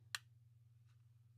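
An add-on accessory's bottom edge is pressed onto a GPD Win 4 handheld gaming PC and seats with one sharp, bright click at 0.15 s, the first of its clicks. A steady low hum runs underneath, with a faint soft rustle near 0.9 s.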